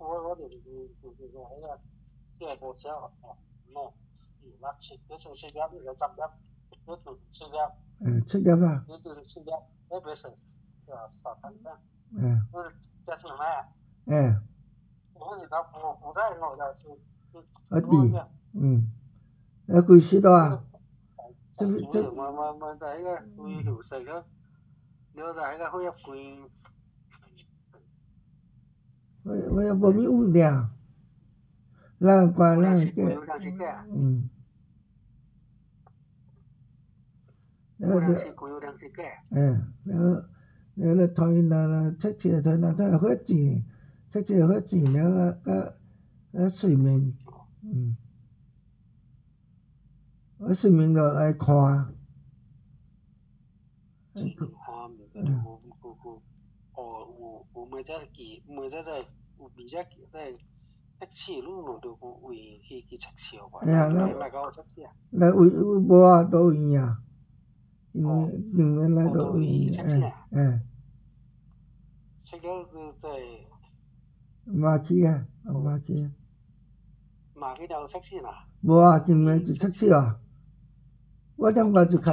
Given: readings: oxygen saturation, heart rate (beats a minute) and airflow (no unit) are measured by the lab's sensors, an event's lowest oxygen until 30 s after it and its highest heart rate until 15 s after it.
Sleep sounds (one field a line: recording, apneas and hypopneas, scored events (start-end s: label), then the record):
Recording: a person awake in a sleep study, by a smartphone at the bedside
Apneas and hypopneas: none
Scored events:
0.00-82.13 s: awake
From the record:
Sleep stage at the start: awake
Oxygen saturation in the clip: 93 to 96%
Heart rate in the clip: 68 to 76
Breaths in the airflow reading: 23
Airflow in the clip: -5.2 to 5.3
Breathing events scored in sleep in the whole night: 270 in 6.1 hours asleep